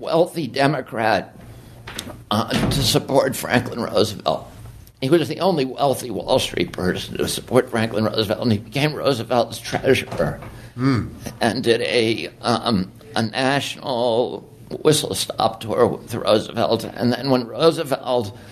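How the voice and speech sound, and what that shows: Tremulous, creaky adult male voice with halting pauses and drawn-out syllables, typical of the voice spasms of spasmodic dystonia. The voice trembles especially when he first starts talking; it usually improves as the voice warms up and is often worst in the morning, as here. His voice was very strong until age 42, when the spasmodic dystonia began.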